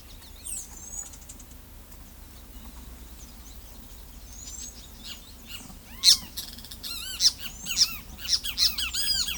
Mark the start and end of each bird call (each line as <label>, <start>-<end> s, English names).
Carib Grackle, 0.00-0.59 s
Palm Tanager, 0.43-1.07 s
Palm Tanager, 4.27-4.74 s
Great Kiskadee, 4.99-9.37 s